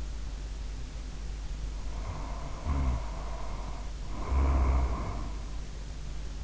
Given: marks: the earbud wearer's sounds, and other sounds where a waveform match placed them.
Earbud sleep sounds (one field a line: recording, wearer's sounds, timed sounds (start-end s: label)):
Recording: sounds in sleep by an in-ear microphone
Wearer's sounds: snoring breath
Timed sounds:
1.85-5.63 s: snoring breath